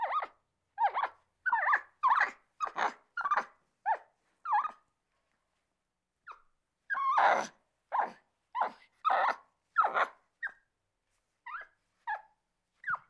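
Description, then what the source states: Capuchin monkey giving a rapid run of chirpy, falling squeaks, broken by one loud harsh scream midway, then sparser squeaks. Angry calling.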